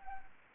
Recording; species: mosquito wingbeat signal from an infrared sensor; Anopheles arabiensis